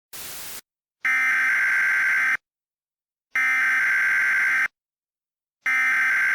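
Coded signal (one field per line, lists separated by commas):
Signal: Emergency Alert System (SAME) tones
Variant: header bursts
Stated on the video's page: Mock EAS alert, a fictional recreation voiced by its creator.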